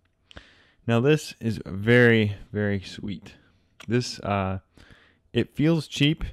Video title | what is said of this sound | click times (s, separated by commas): Custom Printed 3D Model: GoPro Hero 4 Black Frame Case and Lens Cap | and then you sort of slide it back until it locks into place | 0.3 s, 0.4 s